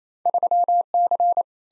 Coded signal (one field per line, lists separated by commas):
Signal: Morse code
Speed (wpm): 27 wpm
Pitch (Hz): 700 Hz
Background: none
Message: 3C